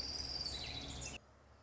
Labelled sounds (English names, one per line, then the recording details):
Orange-crowned Warbler
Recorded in Sonoma County, California